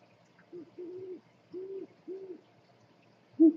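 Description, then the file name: Scops owl giving short, low hoots, mostly in pairs with brief gaps between them, ending in a sudden louder note. Calling at night; described as eerie. "tieng cu meo keu kinh di trong dem"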